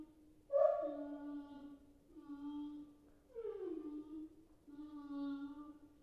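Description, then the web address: Dog: puppy whining in four drawn-out cries separated by short pauses; background otherwise quiet. Puppy crying and whining. "Puppy Dog Crying Whining"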